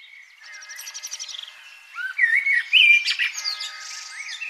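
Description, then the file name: Common blackbird giving a rapid ticking series, then loud, fluty whistled phrases in the second half. "Turdus merula"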